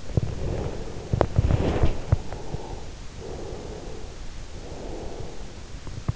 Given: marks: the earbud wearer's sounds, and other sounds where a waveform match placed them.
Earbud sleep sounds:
sounds in sleep by an in-ear microphone; body movement, breath
0.00-2.74 s: body movement
3.05-5.56 s: breath

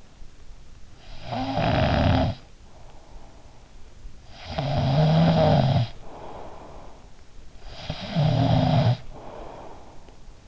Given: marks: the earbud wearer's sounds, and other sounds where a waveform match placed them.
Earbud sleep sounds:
sounds in sleep by an in-ear microphone; snoring breath
0.74-2.82 s: snoring breath
4.25-10.48 s: snoring breath

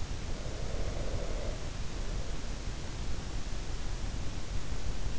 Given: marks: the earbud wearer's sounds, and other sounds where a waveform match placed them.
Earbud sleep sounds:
sounds in sleep by an in-ear microphone; breath
0.14-3.19 s: breath

